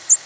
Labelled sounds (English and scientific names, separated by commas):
American Redstart (Setophaga ruticilla) flight call